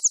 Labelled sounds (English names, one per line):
Northern Parula flight call